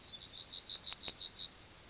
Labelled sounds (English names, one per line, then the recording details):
Yellowhammer song
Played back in grassland
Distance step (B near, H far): B
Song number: 167